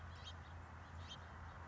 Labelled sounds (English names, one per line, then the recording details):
House Finch
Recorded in Sonoma County, California